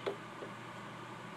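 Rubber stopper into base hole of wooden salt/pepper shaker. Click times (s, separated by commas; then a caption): 0.1 s. A flexible rubber stopper is tucked in on one side and pinched around the inside of the drilled base hole of a wooden salt or pepper shaker until it pops into place. A short, sharp pop lands at 0.1 s, followed by a fainter tick near 0.4 s over steady low background noise. The stopper is seated.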